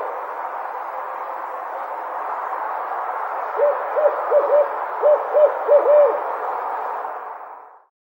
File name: Barred Owl Sounds